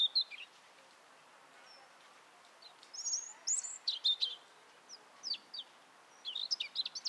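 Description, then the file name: European robin singing faint, scattered high whistles and short twittering notes in loose phrases with quiet gaps. "Erithacus rubecula"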